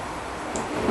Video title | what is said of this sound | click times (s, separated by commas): How To replace A Headlight 2010 Kia Rondo | and you'll hear it snap right in | 0.6 s